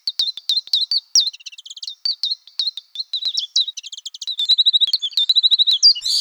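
Bird song of quick, high chirps and short trills, repeated briskly, with a faster run of rapid notes toward the end; no other sounds.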